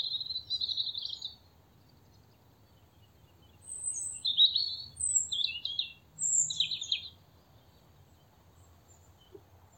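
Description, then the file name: European robin song, high sweet warbled phrases in two bursts with a quiet gap between, over a low steady hum. "Erithacus rubecula"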